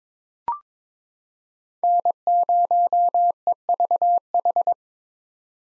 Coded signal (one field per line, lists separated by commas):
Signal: Morse code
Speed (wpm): 22 wpm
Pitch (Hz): 700 Hz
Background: none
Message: N0EVH